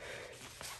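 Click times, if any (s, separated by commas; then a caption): 0.6 s. A click-type torque wrench set to 145 ft-lb is pushed on a wheel lug nut, worked in a star pattern. Under a steady low background, one short, sharp click sounds at 0.6 s as the wrench reaches 145 ft-lb. The wrench stops there.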